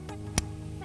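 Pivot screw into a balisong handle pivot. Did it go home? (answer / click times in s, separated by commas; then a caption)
yes / 0.4 s. A fine-pitch pivot screw is reinstalled into the pivot of a MachineWise butterfly knife (balisong) handle, pressed lightly down and turned backwards as if unscrewing. After a soft tap at 0.1 s over a steady low hum, a sharp, bright click at 0.4 s marks the metal threads dropping into engagement. The screw is seated and ready to be screwed down normally.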